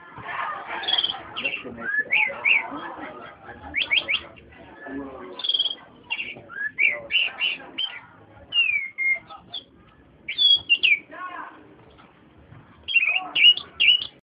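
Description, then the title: Oriental magpie-robin song: a long, varied stream of chirps, trills and sweeping whistles in short bursts separated by brief pauses. Long continuous chirping song. "Kicau Kacer Durasi Panjang 1jam Lebih"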